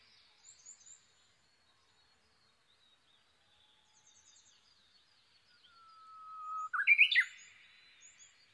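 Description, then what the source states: Japanese bush warbler song near the end: a swelling sustained whistle, then a sudden bright rising flourish, after several seconds of soft high twitters. Recorded 22 May 2011 at 05:43, early morning.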